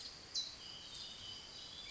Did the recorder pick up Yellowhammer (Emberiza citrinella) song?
no